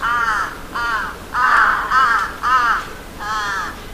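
Crow giving six loud, hoarse caws in quick succession, each rasping note lasting about half a second.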